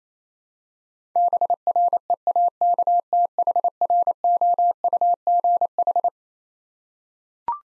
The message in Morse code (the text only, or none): BREAKTHROUGH